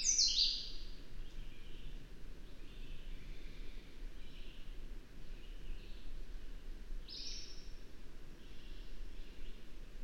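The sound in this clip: Bird song: high twittering phrases at the start and again later on, softer warbles between, over a steady broad background hiss.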